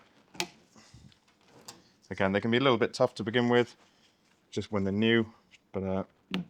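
A plastic fitting is pushed onto a Polar U-Series soft serve ice cream maker and pops into place with a sharp click at 0.4 s, seating on the machine. The fitting can be a little tough to fit when new, and a few faint knocks follow as someone talks.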